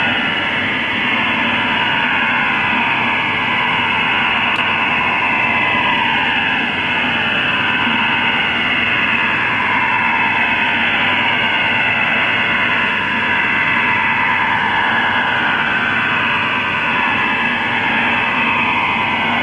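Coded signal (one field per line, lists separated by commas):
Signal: HF data modem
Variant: STANAG 4285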